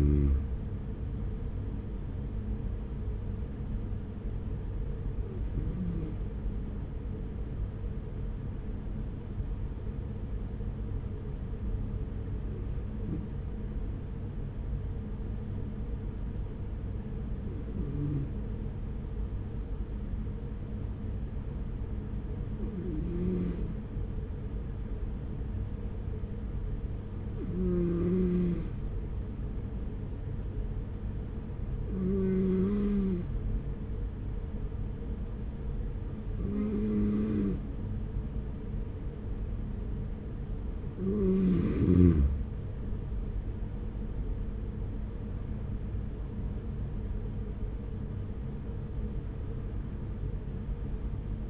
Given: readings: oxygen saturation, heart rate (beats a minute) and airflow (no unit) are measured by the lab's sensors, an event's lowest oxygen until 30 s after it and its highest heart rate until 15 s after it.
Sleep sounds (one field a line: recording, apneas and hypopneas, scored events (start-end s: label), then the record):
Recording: breathing in sleep by a smartphone at the bedside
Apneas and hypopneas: 1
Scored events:
8.00-44.50 s: hypopnea (N1, oxygen 95% highest, then 93% lowest, heart rate 39 at the start, 50 highest)
From the record:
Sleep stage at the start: N1 (lightest sleep)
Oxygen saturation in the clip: 93 to 95%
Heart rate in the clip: 39 to 50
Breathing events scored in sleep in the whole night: 210 in 6.9 hours asleep